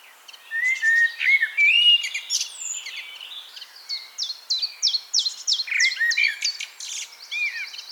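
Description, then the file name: Common blackbird singing a mellow whistled phrase, then a run of sharp, high, evenly repeated notes and twittering. "Turdus merula"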